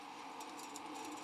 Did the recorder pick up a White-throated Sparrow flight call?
no